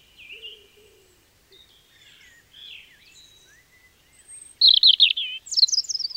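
Robin song beginning with soft, scattered high warbled notes, then two loud rapid trilled phrases near the end, the last one higher in pitch.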